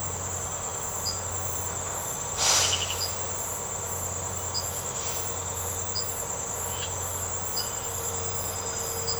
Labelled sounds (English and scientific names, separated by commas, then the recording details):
none
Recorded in secondary vegetation near Puerto Asís, Putumayo, Colombia, on 21 March 2025 at 02:00
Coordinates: 0.468, -76.324
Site G059